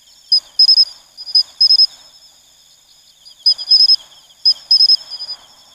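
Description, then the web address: Pine cricket (matsumushi): pine cricket song: clear high chirps, one short note followed by a quick pair, in two bursts separated by a pause of about a second and a half, over a steady hum of other insects. "sikioto insect matsumushi"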